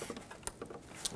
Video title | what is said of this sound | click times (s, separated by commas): How to Replace Spark Plugs 1997-2006 Jeep Wrangler 2.4L L4 | Mound let's connect our ignition coil harness to till it clicks | 0.5 s